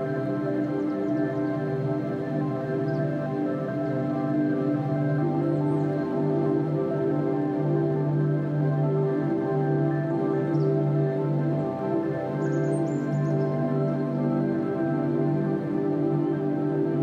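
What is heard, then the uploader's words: Gentle synth pads hold a steady, warm chord throughout, sitting low and unchanging in loudness. Faint rain forest birds chirp briefly above the music, with short high calls around six seconds, near ten seconds, and a small cluster around thirteen seconds. Gentle pads, music and the sounds of birds of the rain forest comprise this soundscape for sleep.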